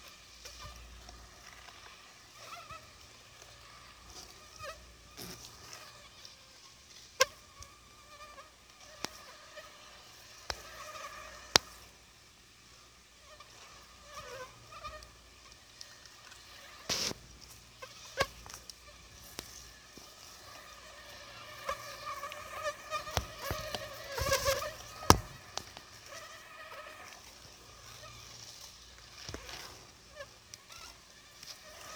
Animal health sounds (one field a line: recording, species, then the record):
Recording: mosquito flight sound by mobile phone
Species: Anopheles gambiae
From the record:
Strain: Akron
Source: CDC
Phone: Sony Xperia